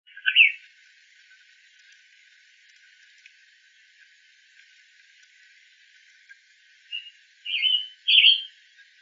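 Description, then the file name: Tanager with a single harsh call note at the start, a long pause, then three burry calls close together near the end. Hybrid tanager, recorded on 21 April 2012. "FCTAhybrid Woodley"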